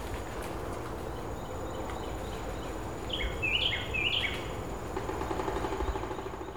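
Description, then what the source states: Carolina wren song: two or three quick, rolling phrases of bright slurred notes midway, over steady insect hum and low background rumble. Recorded at Fakahatchee Strand, Florida, on 26 April 2016 at 18:45.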